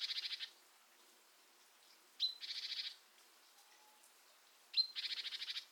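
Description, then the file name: Great tit churring call: a sharp high note running into a fast, buzzy rattle of several pulses; three rattles are heard, the first already underway at the start. "Parus major"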